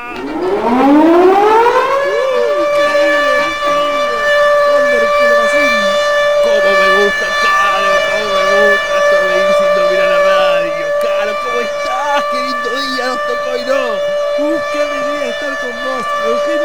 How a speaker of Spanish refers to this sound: ¡Sirena, operador, dame más, sirena!